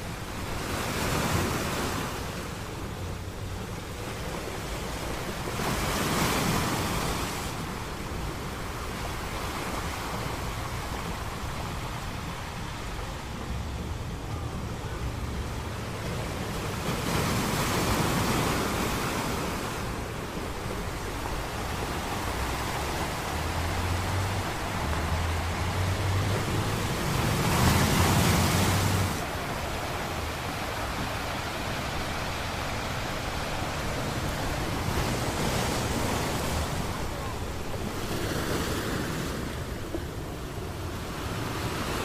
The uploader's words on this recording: Ocean Waves ASMR Sounds. Ocean waves noise.